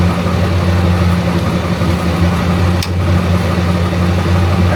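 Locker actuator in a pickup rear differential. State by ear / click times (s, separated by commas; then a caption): released / 2.8 s. Over the steady idle hum of a manual Nissan Frontier pickup, the rear differential locker is switched from locked to unlocked. A single sharp click sounds at 2.8 s as the locker actuator disengages, and the locker is released.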